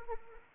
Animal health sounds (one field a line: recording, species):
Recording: mosquito wingbeat signal from an infrared sensor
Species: Anopheles arabiensis